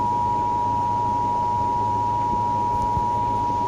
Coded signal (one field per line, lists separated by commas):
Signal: Emergency Alert System (SAME) tones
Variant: 853 and 960 Hz attention tone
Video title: EAS Alerts from September 21-22, 2024 [EAS #1,859-1,873]